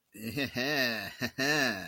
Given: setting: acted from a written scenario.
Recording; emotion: vocal sound without words; desire